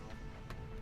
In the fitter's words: This one didn't click very well. It like kind of just went on.